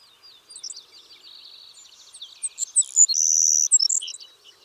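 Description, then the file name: Savannah sparrow song: scattered high ticks and a short trill, then a strong, insect-like buzz followed by quick, thin notes. "Passerculus sandwichensis - Savannah Sparrow"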